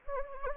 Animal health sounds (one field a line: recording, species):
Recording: mosquito wingbeat signal from an infrared sensor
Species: Anopheles gambiae